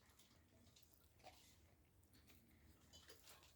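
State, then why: Not seated. A Blink wireless security camera is handled and pushed toward its plastic wall mount support, with soft rustling and light contact noises over a low background hum. Nothing has seated or clicked yet.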